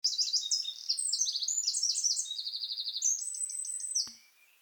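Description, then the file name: Eurasian wren song: a loud, rapid, high-pitched stream of varied trills and chattering notes, including a fast buzzy rattle, lasting about four seconds before a single click. "Troglodytes troglodytes"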